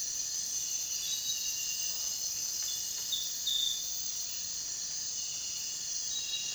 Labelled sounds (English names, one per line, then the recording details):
none
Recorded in dense forest near Puerto Asís, Putumayo, Colombia, on 23 June 2025 at 03:30
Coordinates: 0.466, -76.327
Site GP04